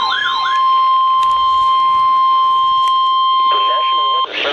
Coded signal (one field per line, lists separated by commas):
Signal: Emergency Alert System (SAME) tones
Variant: 1050 Hz attention tone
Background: speech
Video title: 2 Same Flash Flood Warnings for Kent and Queen Anne's County in Maryland {EAS #865, 866} 8-26-12